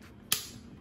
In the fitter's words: key fits nice and snug clicks